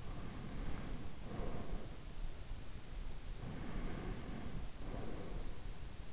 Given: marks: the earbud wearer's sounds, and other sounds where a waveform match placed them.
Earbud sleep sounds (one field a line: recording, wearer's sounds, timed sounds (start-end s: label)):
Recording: sounds in sleep by an in-ear microphone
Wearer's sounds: breath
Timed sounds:
0.00-2.28 s: breath
3.11-5.82 s: breath